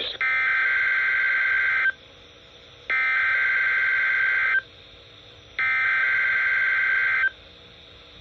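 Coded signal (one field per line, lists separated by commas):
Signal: Emergency Alert System (SAME) tones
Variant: header bursts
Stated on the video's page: Tornado drill alert received on NOAA Weather Radio transmitters at 162.500 and 162.525 MHz on various weather radios, plus relayed by FM broadcast stations.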